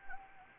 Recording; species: mosquito wingbeat signal from an infrared sensor; Anopheles gambiae